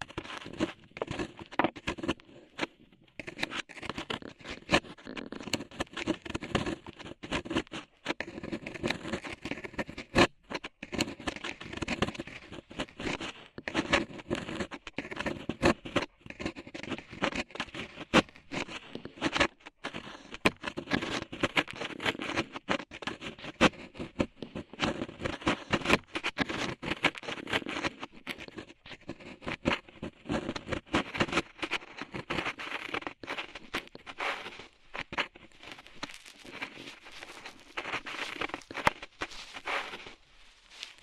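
Tingly ear cleaning sounds: dense, crackly scraping and patter, continuous and fast across the clip, with quick taps and brief pauses throughout.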